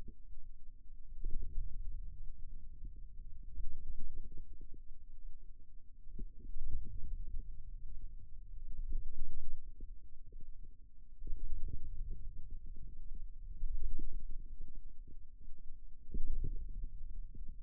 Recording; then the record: forearm muscle sounds (acoustic myography)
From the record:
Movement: wrist extension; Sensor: system 2, bracelet of six BSWA MPA416 microphones around the upper forearm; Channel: 5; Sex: male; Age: 22 years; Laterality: right